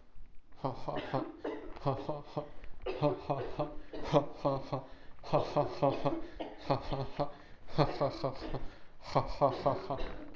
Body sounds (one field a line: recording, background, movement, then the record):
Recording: laughter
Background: a bystander coughing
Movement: walking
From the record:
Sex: male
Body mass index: 23.7 kg/m2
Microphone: on the chest, facing outward